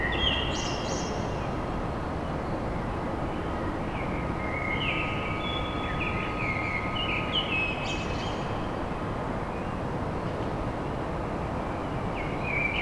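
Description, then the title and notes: Common blackbird song of varied fluty phrases and high squeaky bits, heard through heavy steady background noise and a faint hum. Song recorded at dawn in Paris. "Blackbird Poetry At Paris On. Enregistrement d'un chant de merle à l'aube dans Paris"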